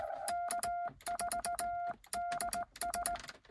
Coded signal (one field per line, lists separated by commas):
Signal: Morse code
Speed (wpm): 18 wpm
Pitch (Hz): 690 Hz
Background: none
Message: K4DS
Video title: Rainy drive-by POTA Morse code (cootie) activation of K-1024 (Silver Springs) on 10/25/2022.